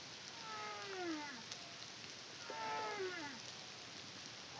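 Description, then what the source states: Humpback whale song units: two harmonic downsweeping moans about two seconds apart, each sliding lower, against a hissing background. Song recorded by the CARIMAM project in the Caribbean in 2023.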